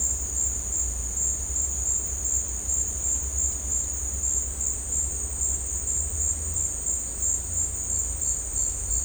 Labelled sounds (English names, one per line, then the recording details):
none
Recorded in dense forest near Puerto Asís, Putumayo, Colombia, on 20 December 2024 at 14:30
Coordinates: 0.466, -76.327
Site G075